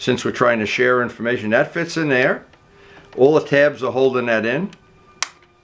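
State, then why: Seated. Someone talks, then a motorcycle's plastic body panel is pressed so its tabs seat into the rubber grommets on the frame. A sharp snap at 5.2 s marks the tab seating fully into place.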